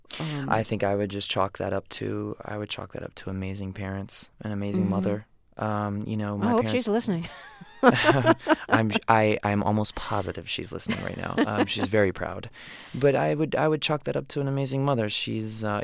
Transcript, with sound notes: I think I would just chalk that up to, I would chalk that up to amazing parents, an amazing mother. You know, my parents...
I hope she's listening.
(LAUGHTER)
I'm almost positive she's listening right now.
(LAUGHTER)
She's very proud. But I would chalk that up to an amazing mother.